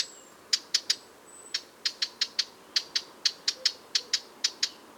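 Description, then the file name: Eurasian blackcap producing hard tac clicks in short bursts, with quick pairs and triplets. "Sylvia atricapilla"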